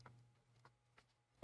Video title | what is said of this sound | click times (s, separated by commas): [51] Complete disassembly of a MacBook Pro (late 2011) to replace the keyboard and top case | nice little click there | 1.4 s